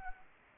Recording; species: mosquito wingbeat signal from an infrared sensor; Anopheles arabiensis